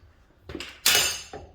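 A preset click-type torque wrench tightens the next wheel lug nut on a Honda Odyssey. After a couple of light metallic taps, the wrench gives a sharp, bright click at 0.9 s, with a short ring that trails off. That confirms the nut has reached torque.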